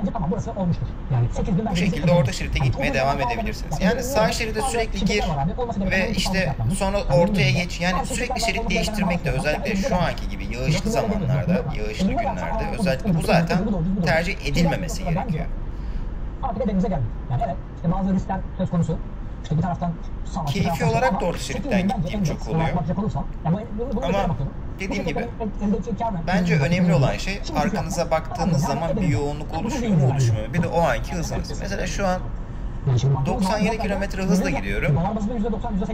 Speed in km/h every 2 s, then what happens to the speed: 100, 99, 99, 99, 99, 99, 99, 100, 100, 99, 98, 98, 97, 97, 96, 97, 98, 98.
0-36 steady at about 99.